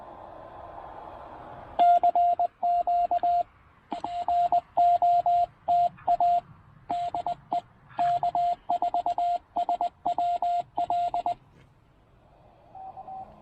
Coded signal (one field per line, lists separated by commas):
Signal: Morse code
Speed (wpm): 20 wpm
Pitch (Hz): 700 Hz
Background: radio noise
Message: CQ NOTA DE K4SWL